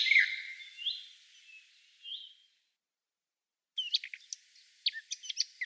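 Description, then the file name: Eurasian blackcap song: a soft, fading warbled phrase, a gap, then a string of sharp, high, clicking notes. "Slavka chernogolovaja"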